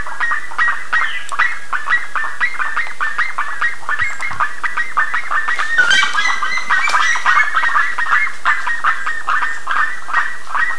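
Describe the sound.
Dense bird calling from many birds, quick harsh notes tumbling over each other, with a louder burst of squawking near the middle.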